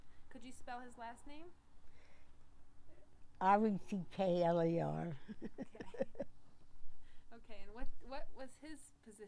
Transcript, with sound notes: Could you spell his last name?
R-E-C-K-L-E-R. ( she laughs )
Okay. And what was his position?